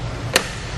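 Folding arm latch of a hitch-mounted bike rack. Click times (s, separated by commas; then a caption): 0.4 s. A Yakima RidgeBack hitch-mounted bike rack for 2 bikes, test fit on a 2018 Mitsubishi Outlander Sport, has its folding arm lowered for close-quarter parking. The dark gray latch at the top of the arm is pulled and the arm is pushed down. A single sharp click is heard at 0.4 s as the arm's fold latch seats into place over a steady background.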